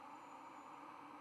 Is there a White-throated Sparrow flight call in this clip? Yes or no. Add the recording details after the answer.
no. No flight call is heard. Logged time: 00:43 on 5 November 2014